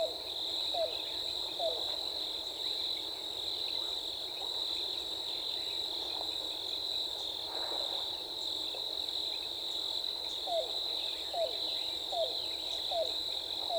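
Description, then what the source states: Yellow-billed cuckoo with two short falling notes early and a later run of several, spaced about a second apart, beneath a constant high insect buzz. Recorded 14 April 2018.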